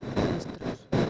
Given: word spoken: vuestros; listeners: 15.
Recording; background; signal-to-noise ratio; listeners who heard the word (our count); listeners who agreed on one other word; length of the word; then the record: one Spanish word in noise, from a listening test; noise modulated by one talker; -10.3 dB; 0 of 15; 9 of 15; 0.70 s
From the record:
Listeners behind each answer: 9, 1, 1, 1, 1, 1, 1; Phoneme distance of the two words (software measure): 10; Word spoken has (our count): 2 syllables, 8 phonemes, stress on syllable 1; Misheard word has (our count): 2 syllables, 8 phonemes, stress on syllable 1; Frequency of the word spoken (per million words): 6.03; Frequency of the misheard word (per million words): 175.59